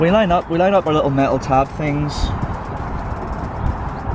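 A rear light cluster is lined up with its metal locating tabs against the car body aperture before being pushed home. Someone talks over a steady low background rumble. Nothing has seated or clicked yet.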